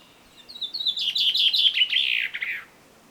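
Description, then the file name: Common chaffinch song: a descending run of quick notes that closes with a short terminal flourish. "Fringilla coelebs"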